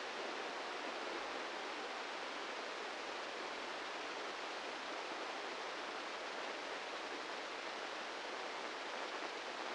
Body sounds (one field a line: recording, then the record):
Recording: brain microelectrode recording played as sound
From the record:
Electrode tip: inside the subthalamic nucleus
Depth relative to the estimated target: -1 mm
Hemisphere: left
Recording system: NeuroSet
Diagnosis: Parkinson's disease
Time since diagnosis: 15 years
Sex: male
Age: 65 years